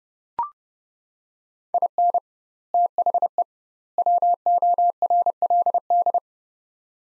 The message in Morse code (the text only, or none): IN THE WORLD